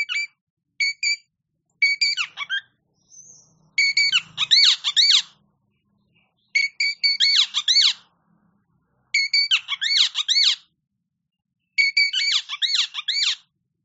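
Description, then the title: Oriental magpie-robin song: a bright phrase of sharp harmonic notes and quick down-up sweeps, repeated about every two to three seconds with short pauses between. Champion songbird. "Kicau Burung Kacer Juara"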